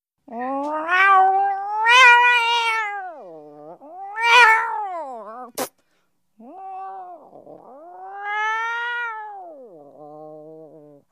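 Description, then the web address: Cat meowing: long harmonic meows rising and falling, several drawn-out cries with a short gap between, plus one sharp click midway. "animals cat"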